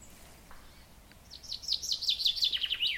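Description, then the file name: Common chaffinch song, a quick run of bright repeated notes gradually descending in pitch and ending in a brief flourish, over faint low hum. "Fringilla coelebs"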